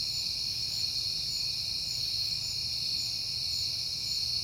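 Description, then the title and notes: Crickets keep up a steady, ringing high-pitched chorus, accompanied by a weak low rumble. Recorded at night in September on a peaceful night; crickets heard often that month. "Night Time: Crickets and Passing Cars. It is September and I have been hearing the crickets a lot, but finally had a peaceful night to make the recording"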